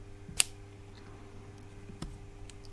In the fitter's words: most importantly, it must have an audible click as it finds its way in. Check it out.